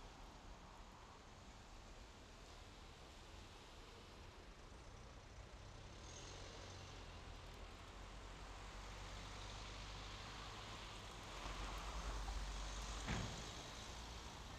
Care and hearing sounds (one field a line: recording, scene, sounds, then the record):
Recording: everyday scene through a hearing-aid microphone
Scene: in traffic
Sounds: traffic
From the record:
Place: main road on the outskirts, rush hour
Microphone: in the ear canal, left